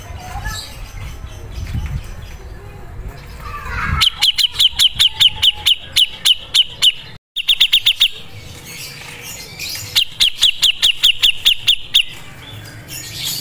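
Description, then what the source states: Grey-cheeked bulbul song: rapid runs of sharp, high chirping notes in several bursts separated by pauses, after a faint low hum. Masteran recording, a song track used to tutor other birds.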